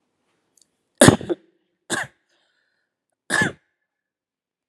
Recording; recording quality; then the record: heavy voluntary cough; excellent, no background noise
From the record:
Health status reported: healthy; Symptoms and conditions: none ticked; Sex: male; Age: 20 years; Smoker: not ticked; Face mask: not worn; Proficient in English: yes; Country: India